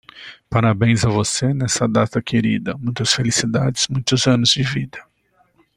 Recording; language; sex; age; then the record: short text; Brazilian Portuguese; male; 50 to 59 years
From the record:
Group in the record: control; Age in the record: 50 years